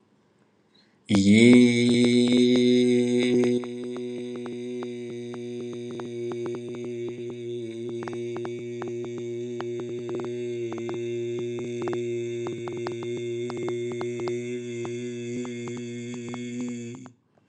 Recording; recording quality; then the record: sustained vowel as in beet; excellent, no background noise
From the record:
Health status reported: healthy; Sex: male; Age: 43 years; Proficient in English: yes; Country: India